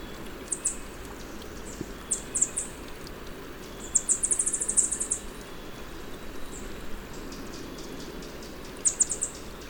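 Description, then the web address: Spotted tanager calls: short clusters of high, thin chips, with one longer fast twittering run midway, against a soft continuous background hiss. Recorded in Ecuador. "Birds of Ecuador. Spotted Tanager"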